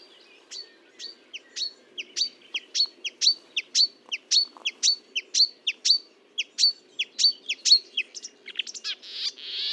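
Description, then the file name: Marsh warbler song built from one sharp downslurred note repeated about twice a second in a steady series, ending in a brief rushing burst. Recorded at Fontaine-Française, Fourneau, on 1 June 2022 at 10:55, using a Nagra recorder with a Telinga parabolic microphone. "Rousserolle verderolle 1055 Fontaine-Francaise-Fourneau"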